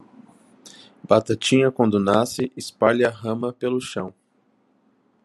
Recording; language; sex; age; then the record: short text; Brazilian Portuguese; male; 20 to 29 years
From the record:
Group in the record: control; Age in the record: 23 years